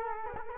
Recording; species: mosquito wingbeat signal from an infrared sensor; Culex quinquefasciatus